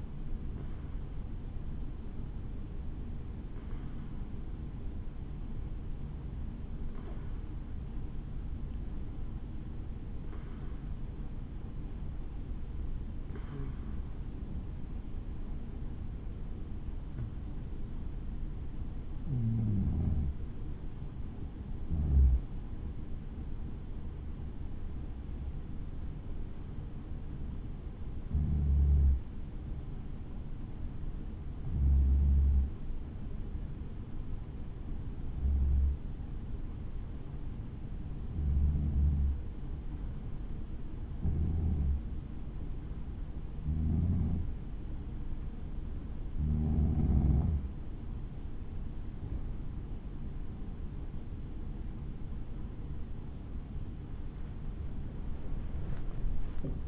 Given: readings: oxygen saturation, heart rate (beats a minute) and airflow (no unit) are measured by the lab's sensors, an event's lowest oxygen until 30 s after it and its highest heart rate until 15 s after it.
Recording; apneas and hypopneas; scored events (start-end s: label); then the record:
breathing in sleep by a smartphone at the bedside; 1
17.00-48.10 s: hypopnea (N1, oxygen 95% highest, then 91% lowest, heart rate 65 at the start, 84 highest)
27.00-56.88 s: new sleep stage, N2 (light sleep)
From the record:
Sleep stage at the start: N1 (lightest sleep); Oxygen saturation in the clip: 92 to 95%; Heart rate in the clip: 63 to 71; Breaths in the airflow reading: 18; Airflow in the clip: -6.8 to 7.2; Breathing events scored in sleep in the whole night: 216 in 7.0 hours asleep